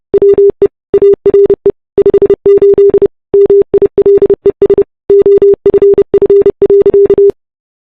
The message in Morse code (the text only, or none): WE ARE 58 MILES OFF.